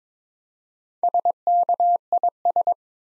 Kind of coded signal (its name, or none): Morse code